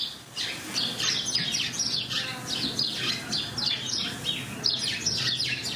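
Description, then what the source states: House sparrows chirping: many birds giving overlapping short, bright cheeps and chatters in a continuous busy chorus. Many house sparrows in a stable full of horses in Katwijk; described as a very cosy sound.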